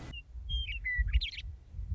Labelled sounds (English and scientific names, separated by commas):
Western Meadowlark (Sturnella neglecta)